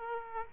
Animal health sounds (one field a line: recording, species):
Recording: mosquito wingbeat signal from an infrared sensor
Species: Aedes aegypti